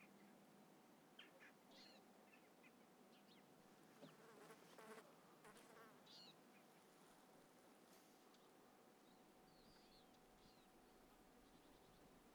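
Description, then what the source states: Fly: flies drone continuously in a low buzzing hum, while birds give intermittent chirps over the top. Countryside atmosphere with birds and flies.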